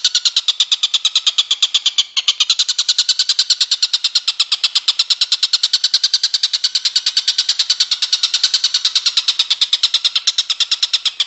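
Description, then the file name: Stork-billed kingfisher calling non-stop, a long, even run of fast, harsh repeated notes throughout. "tengkek buto om andri"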